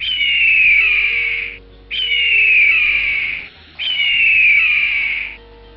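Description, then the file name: Eagle calls: three long, high whistled notes, each sliding slightly downward and lasting over a second, given about every two seconds with short gaps between. "laoyingjiao"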